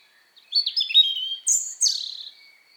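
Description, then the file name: European robin delivering one short song phrase of rapid, varied twittering notes, ending in thin, high, sliding whistles, in a quiet setting. "Erithacus rubecula"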